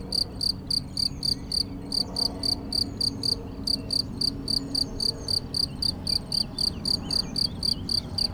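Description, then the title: Cricket song: a steady series of short, high pulsed chirps, about four per second, over a faint low rumble. Single cricket, among the first of the season, calling intermittently in recent days; Chindrieux, France. "Chindrieux, France - grillon seul"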